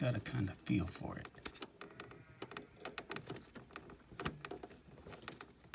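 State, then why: Seated. A Taylor spark plug wire boot is pushed down onto a spark plug on a Camaro ZL1 while someone talks, with a series of short, sharp ticks throughout. The boot clicks onto the plug at 3.0 s, a click that can be felt, and it is seated.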